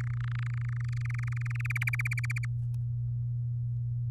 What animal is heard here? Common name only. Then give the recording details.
Domestic Canary. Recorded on 7 May 2018 at 17:10. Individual llb16